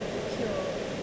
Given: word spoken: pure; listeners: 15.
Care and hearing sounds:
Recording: one English word in noise, from a listening test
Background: speech-shaped noise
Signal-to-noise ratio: -4.4 dB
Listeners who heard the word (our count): 1 of 15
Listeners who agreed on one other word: 12 of 15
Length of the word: 0.63 s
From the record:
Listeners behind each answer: 12, 1, 1, 1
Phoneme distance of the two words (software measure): 20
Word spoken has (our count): 1 syllable, 3 phonemes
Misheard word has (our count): 1 syllable, 3 phonemes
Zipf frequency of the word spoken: 4.35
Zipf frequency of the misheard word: 4.14

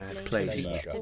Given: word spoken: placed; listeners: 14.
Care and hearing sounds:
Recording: one English word in noise, from a listening test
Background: four-talker babble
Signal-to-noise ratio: 0.6 dB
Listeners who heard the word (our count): 0 of 14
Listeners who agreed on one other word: 14 of 14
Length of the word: 0.62 s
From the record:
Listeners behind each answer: 14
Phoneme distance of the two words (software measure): 7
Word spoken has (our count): 1 syllable, 5 phonemes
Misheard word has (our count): 1 syllable, 4 phonemes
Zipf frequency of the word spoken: 4.40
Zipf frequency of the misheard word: 5.78

